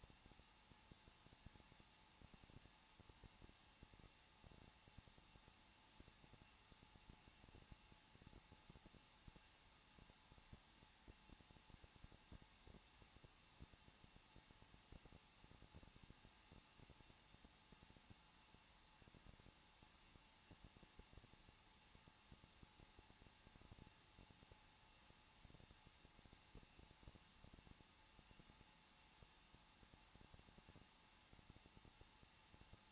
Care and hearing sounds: daily activity, microphone in the room; no activity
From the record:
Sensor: 1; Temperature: 20.1 degrees Celsius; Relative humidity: 39.2%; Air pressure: 1006.3 hPa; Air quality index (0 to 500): 218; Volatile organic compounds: 79 ppm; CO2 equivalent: 3596 ppm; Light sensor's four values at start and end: 1/2/1/1 and 1/2/1/1

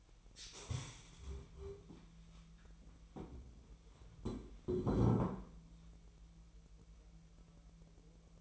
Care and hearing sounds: daily activity, microphone in the room; stand up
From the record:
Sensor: 1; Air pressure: 1001.6 hPa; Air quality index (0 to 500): 248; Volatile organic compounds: 120 ppm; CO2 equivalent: 3874 ppm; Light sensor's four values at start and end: 14/33/14/15 and 14/33/14/15

